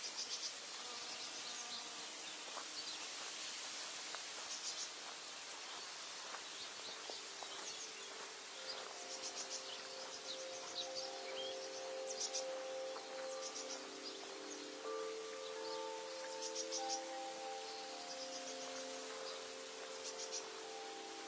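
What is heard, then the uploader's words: Birds sing over a steady, dense high hiss of insects, with short chirps and trills scattered throughout. From about seven seconds, clear sustained tones like chimes ring and overlap, brightening around fifteen and seventeen seconds. Soft taps recur at intervals underneath. Idyllic bird singing atmosphere, with the footsteps.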